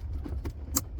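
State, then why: Seated. A wiring harness plug is pushed back onto a new blower motor resistor module behind the glove box of a 2004-2010 Ford F150 whose heat only works on high. Over a steady low hum, a soft tap at 0.5 s is followed by a sharp, bright snap at 0.8 s as the connector clicks in and seats.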